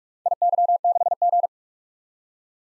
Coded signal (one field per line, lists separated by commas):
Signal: Morse code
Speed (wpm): 43 wpm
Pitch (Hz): 700 Hz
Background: none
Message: IY6G